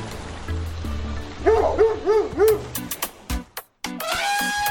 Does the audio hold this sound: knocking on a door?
no